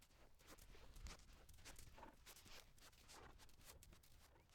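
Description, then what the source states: Horse footsteps, soft uneven hoof falls crunching on sand, over a steady hiss. Walking on sand.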